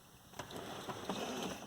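A red plastic retention clip is pushed down into a wiring harness connector while wiring a Ford Excursion's factory DVD player to an aftermarket head unit. Quiet plastic handling and rubbing noises are heard, with a brief tap at 0.4 s and louder scraping bumps around 0.5 s and 1.1 s. The clip has not clicked into place yet, and nothing has seated.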